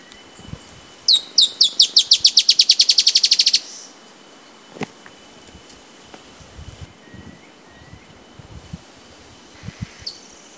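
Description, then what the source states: Dusky-tailed antbird gives one song, a rapid, accelerating chain of high, slurred notes lasting about two and a half seconds, then soft rustles and a constant high tone. Recorded at Ferradura, Canela, Rio Grande do Sul, Brazil, on 4-10-16.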